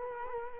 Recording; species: mosquito wingbeat signal from an infrared sensor; Culex quinquefasciatus